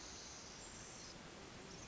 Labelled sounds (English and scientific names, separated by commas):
Pacific Wren (Troglodytes pacificus)